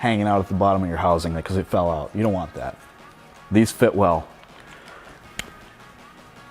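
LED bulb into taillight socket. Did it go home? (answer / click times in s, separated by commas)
yes / 5.4 s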